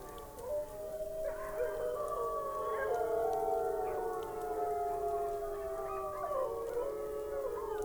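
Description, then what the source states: Wolf: wolves giving a group howl, long smooth tones layered at different pitches, some slowly falling, with occasional higher wavering notes. Several wolves howling.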